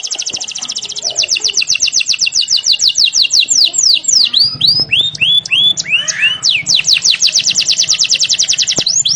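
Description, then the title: Canary song: sustained rapid trills of high notes, broken midway by curving, sweeping whistles, then another long, fast trill. Used as a lure to get lazy, silent canaries singing constantly. "mster Mnuk. PANCINGAN KENARI"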